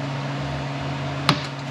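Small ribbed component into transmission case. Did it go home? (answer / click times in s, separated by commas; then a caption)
yes / 1.3 s. A small ribbed component is pressed into its bore in the case of a 4T60 automatic transmission during a rebuild, after its orientation has been checked. Over a steady low hum, a single sharp snap at 1.3 s marks the part popping into place and seating.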